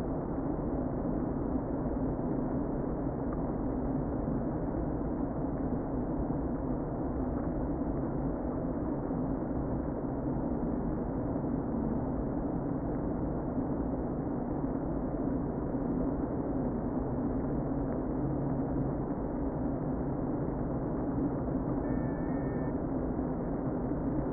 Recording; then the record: honeybee colony, microphone inside the hive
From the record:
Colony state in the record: queen present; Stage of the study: before two queens were removed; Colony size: about 60,000 bees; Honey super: yes